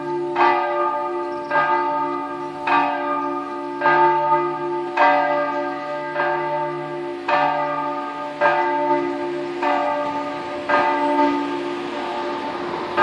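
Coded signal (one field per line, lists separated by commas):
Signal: bell signal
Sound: a single church bell swinging and striking about eleven times, slightly uneven rhythm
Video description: h. 12:00: segnale orario sulla mezzana Re3 e distesa della mezzana.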